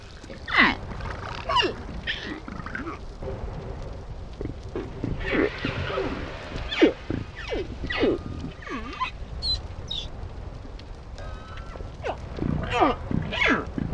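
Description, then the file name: Humpback whale song, a dense run of curving whistled sweeps, creaks and low moans over constant rumbling water noise. "deutschlandfunknova buckelwal"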